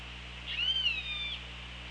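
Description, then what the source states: Orca call, a single arching tonal note with stacked harmonics, rising then slowly falling over about a second, against steady underwater hiss. Recorded on an OrcaLab hydrophone, 24 August 2017 at 15:51.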